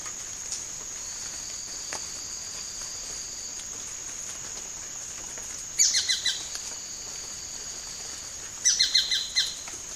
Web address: sound Tacarcuna-tapaculo. دانلود-صدای-پرنده-تپلک-پانامایی